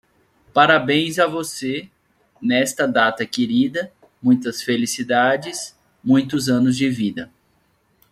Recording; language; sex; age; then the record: short text; Brazilian Portuguese; male; 30 to 39 years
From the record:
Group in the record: control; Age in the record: 33 years